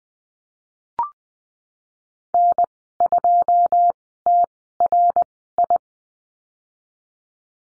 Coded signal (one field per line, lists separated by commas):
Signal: Morse code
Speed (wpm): 20 wpm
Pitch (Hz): 700 Hz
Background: none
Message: N2TRI